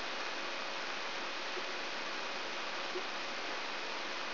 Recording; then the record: brain microelectrode recording played as sound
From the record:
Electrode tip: inside the subthalamic nucleus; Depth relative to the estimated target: 0 mm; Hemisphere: left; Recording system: AlphaMap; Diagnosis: Parkinson's disease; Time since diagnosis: 23 years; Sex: male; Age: 65 years